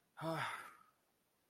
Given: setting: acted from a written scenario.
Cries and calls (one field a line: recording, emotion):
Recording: vocal sound without words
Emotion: relief